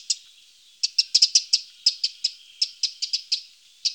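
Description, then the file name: Eurasian wren calls, a run of sharp high ticking notes repeated irregularly over four seconds, with no other sounds. "Zaunkoenig"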